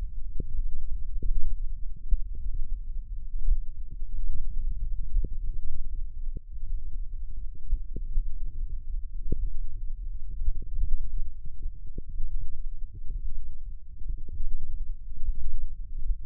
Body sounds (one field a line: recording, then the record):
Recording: forearm muscle sounds (acoustic myography)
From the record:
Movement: thumb flexion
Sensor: system 1, eight BSWA MPA416 microphones around the upper forearm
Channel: 5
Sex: female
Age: 21 years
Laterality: right